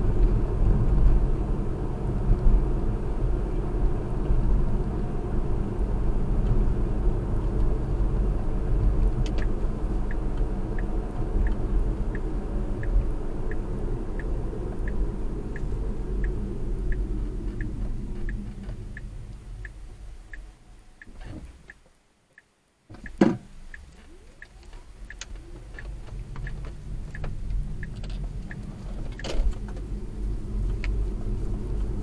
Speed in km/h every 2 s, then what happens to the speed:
61, 63, 63, 60, 58, 55, 52, 42, 26, 10, 5, 0, 8, 16, 29, 40.
0-5 steady at about 63. 5-21 brakes to 0. 21-23 standing. 23-32 pulls away to 40.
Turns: 23-27.